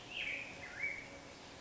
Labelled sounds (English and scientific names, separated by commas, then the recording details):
Black-headed Grosbeak (Pheucticus melanocephalus)
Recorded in Sonoma County, California